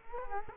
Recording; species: mosquito wingbeat signal from an infrared sensor; Culex quinquefasciatus